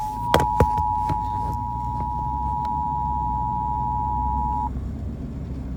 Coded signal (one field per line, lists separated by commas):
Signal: Emergency Alert System (SAME) tones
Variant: 853 and 960 Hz attention tone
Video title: ALERT ON THE GO! | EAS #387 (Severe Thunderstorm Warning)